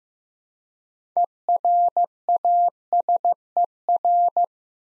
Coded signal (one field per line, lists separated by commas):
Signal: Morse code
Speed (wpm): 16 wpm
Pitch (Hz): 700 Hz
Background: none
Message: ERASER